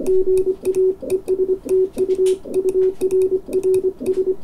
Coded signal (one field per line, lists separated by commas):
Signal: Morse code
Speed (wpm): 24 wpm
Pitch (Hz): 380 Hz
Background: none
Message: GA ESTU URRS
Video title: EI2KC hacksaw blade key Mark II test